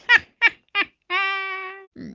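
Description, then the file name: Eurasian jay calls: three short rasping notes followed by one long, level, mewing tone and a faint low rustle. Recorded 28 February 2019. "geai"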